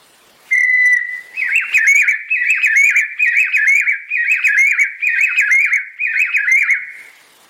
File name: Golosa ptic - Dlinnopalyj perepel Dactylortyx thoracicus